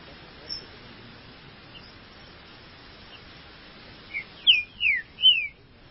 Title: Trinca Ferro